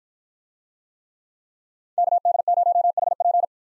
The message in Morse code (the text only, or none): KD0HP